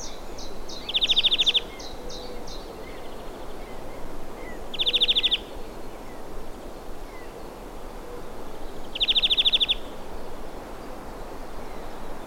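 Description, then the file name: European greenfinch giving short buzzy, rattling calls, three bursts spaced about four seconds apart, over steady rushing background noise with faint higher chirps. "Chloris chloris"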